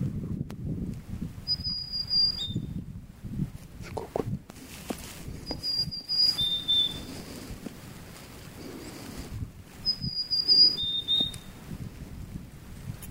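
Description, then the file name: Marsh tit whistling a high note then a lower note, the two-note phrase repeated three times about four seconds apart, with steady low background noise. "ハシブトガラ"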